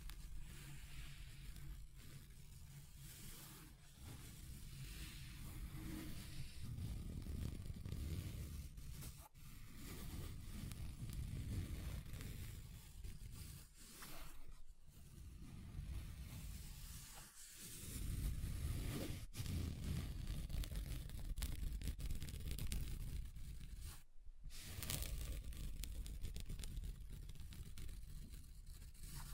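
Steady rough scratching across a table, low and dense, rising and easing in long strokes with a few brief silent gaps near 15 and 24 seconds.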